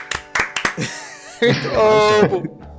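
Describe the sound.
A handful of sharp, uneven handclaps ring out at the start, then give way to loud voices cheering and calling out over a low rumble.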